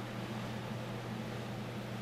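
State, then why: Not seated. A small plastic headlight-mount socket is handled and pressed toward the ball end of the headlight adjuster on a first-generation Mazda Miata during a low-profile light install. Only a steady low hum with broadband noise is heard, with no sharp sounds. Nothing has seated or clicked yet.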